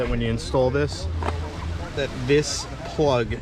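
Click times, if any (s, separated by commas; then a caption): none. Someone talks while handling an air hose plug being installed into a Blu3 surface-supplied dive air unit, with low rumbling background noise underneath. The plug has not seated or clicked in yet.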